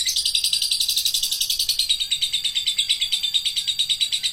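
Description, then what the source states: Lovebird in fast continuous twittering, a rapid stream of many shrill notes without pause throughout. Adult lovebird, described as a fighter type.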